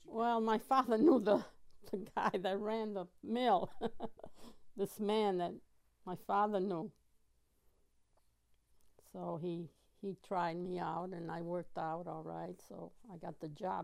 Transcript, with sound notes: Well, my father knew the, the guy that ran the mill. ( she laughs ) This man that my father knew. So he, he tried me out, and I worked out all right, so I got the job.